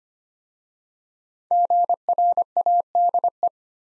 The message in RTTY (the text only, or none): none